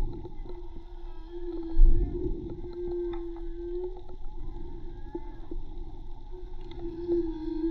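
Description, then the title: Whale song with long level moans and a loud low groan near the start, faint clicks throughout, steady rumble beneath. Recorded with a hydrophone from a boat at Tribugá; hydrophone listening presented as sustainable tourism avoiding disturbance by motorboats. "CANTO DE BALLENAS HIDROFONO MAGMA TRIBUGA J BARCO"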